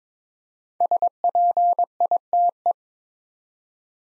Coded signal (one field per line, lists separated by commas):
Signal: Morse code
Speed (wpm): 21 wpm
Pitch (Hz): 700 Hz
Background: none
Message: SPITE